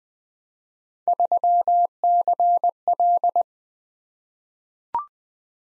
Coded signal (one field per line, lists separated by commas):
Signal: Morse code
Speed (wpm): 20 wpm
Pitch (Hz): 700 Hz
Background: none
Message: 3CL